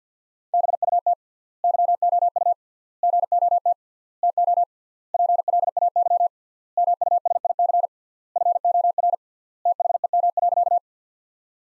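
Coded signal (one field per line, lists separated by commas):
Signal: Morse code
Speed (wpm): 50 wpm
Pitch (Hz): 700 Hz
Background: none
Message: BUT YOU GOT TO PLAY MUSIC FOR THEM.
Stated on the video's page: Morse practice sentences from the top 300 words at 50 wpm with 3x word spacing, a word-level analogue of Farnsworth spacing, for head-copy training.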